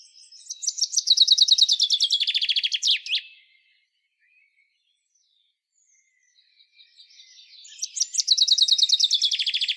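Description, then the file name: Common chaffinch song: a rapid descending trill with an end flourish, then silence, then a second phrase starting the same way. "Fringilla coelebs"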